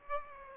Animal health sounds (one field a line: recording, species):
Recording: mosquito wingbeat signal from an infrared sensor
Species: Aedes aegypti